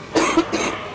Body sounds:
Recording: coughing mixed with background sound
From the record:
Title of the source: 61 morning phlegmy cough...again

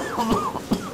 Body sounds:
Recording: coughing mixed with background sound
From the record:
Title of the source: Spring Allergy Coughing

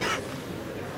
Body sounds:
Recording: coughing mixed with background sound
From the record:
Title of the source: 55 gaggy wet cough

